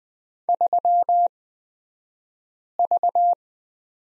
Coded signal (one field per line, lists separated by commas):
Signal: Morse code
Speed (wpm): 20 wpm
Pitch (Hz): 700 Hz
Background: none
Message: 3V